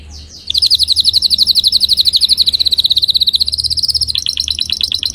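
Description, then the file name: Canary (Spanish Timbrado): canary song: a long, continuous rolling trill of fast pulsed notes, sliding slightly in pitch and changing in character near the end, over a faint low hum. Belgian canary, Spanish Timbrado breed, singing. "canto do canario belga timbrado espanhol"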